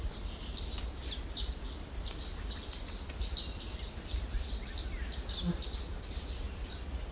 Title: LuckyPassaro Completos2Sama. White-chinned Sapphire (Hylocharis cyanus griseiventris (ssp assumed from location))